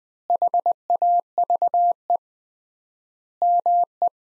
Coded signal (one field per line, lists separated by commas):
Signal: Morse code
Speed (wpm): 19 wpm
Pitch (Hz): 700 Hz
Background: none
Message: HAVE ME